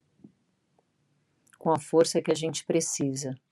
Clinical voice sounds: spoken sentence; Brazilian Portuguese; female; 50 to 59 years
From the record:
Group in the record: control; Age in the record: 50 years

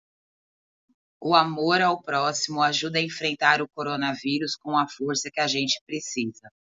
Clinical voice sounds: spoken sentence; Brazilian Portuguese; female; 40 to 49 years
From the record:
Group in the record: control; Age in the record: 41 years

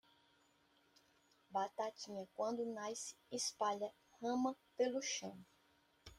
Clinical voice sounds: short text; Brazilian Portuguese; female; 30 to 39 years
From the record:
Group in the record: control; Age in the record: 30 years

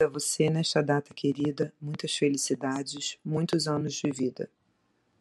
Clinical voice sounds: short text; Brazilian Portuguese; female; 40 to 49 years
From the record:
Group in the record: control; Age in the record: 46 years

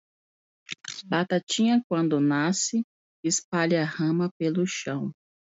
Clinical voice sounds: short text; Brazilian Portuguese; female; 30 to 39 years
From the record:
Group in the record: control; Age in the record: 36 years

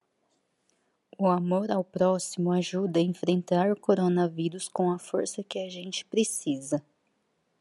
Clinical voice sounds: spoken sentence; Brazilian Portuguese; female; 20 to 29 years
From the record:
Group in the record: control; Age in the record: 29 years

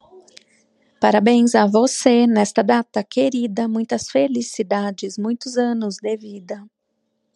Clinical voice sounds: short text; Brazilian Portuguese; female; 40 to 49 years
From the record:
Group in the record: control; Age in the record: 41 years

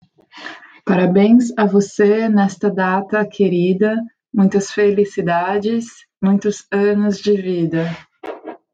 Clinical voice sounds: short text; Brazilian Portuguese; female; 30 to 39 years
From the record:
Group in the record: control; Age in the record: 33 years

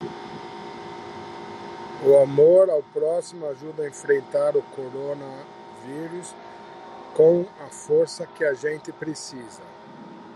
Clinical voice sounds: spoken sentence; Brazilian Portuguese; male; 60 to 69 years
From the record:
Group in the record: control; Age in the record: 61 years

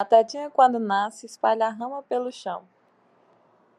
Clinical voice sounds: short text; Brazilian Portuguese; female; 30 to 39 years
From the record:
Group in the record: control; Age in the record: 31 years

